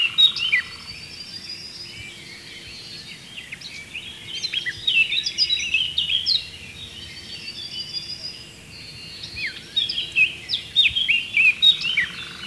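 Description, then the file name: Eurasian blackcap singing, a few bursts of quick, scratchy and fluty warbled phrases, over a steady high insect-like hum. "Sylvia atricapilla"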